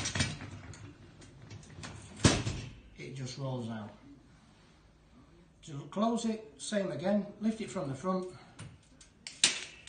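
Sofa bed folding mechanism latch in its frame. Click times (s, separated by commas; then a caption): 9.4 s. Someone talks while a metal sofa bed mechanism is lifted from the front to close it, with rattling and a loud thump around 2.3 s. The mechanism latches in its frame with a sharp click at 9.4 s, locking it in position.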